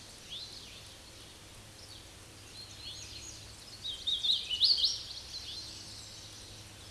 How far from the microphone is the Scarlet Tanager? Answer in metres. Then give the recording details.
about 20 m. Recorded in a Pennsylvania forest on 19 May 2023 at 10:28. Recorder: AudioMoth, point grid1_29_low. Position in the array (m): 52 m, 102 m